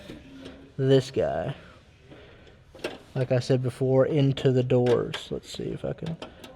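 A door latch rod is being pushed up into its retaining clip inside the door of a 1968–69 Camaro or Firebird. Someone talks while handling the rod, and short sharp knocks are heard at about 2.9 s and 6.4 s. Nothing has seated or clicked yet.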